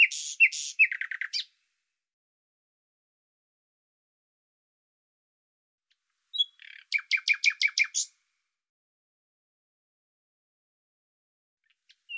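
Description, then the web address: Bird singing high, rattling trills and squeaky notes, then a long silence. A second phrase follows: a short buzz and a rapid series of sharp notes. "Deverinetal 2025"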